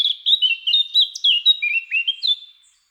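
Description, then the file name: Eurasian blackcap singing a rapid, rich warble of slurred, fluty notes that dip and rise in a continuous phrase before fading out. "Sylvia atricapilla"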